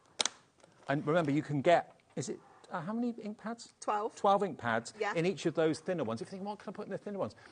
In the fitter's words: everything's so easy everything just clicks into place like this